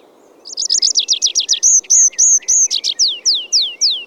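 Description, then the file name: Tree pipit song shifting from rapid buzzy trills to slower clear notes, then a run of descending drawn-out whistled slurs, loud and varied. "Ruud van Beusekom - Lesnoj konyok Anthus trivialis"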